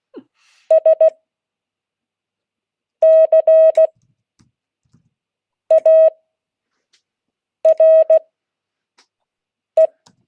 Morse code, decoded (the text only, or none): SCARE